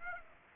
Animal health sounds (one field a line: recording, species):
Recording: mosquito wingbeat signal from an infrared sensor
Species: Aedes aegypti